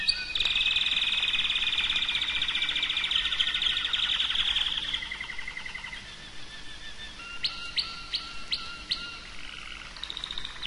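Canary delivering a long buzzy roll for about five seconds, then softer warbling and a quick run of sharp notes.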